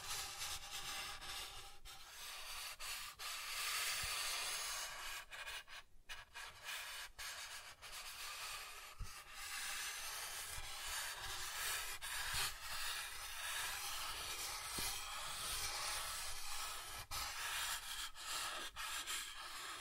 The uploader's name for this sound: Soft Tracing on Smooth and Rough Surfaces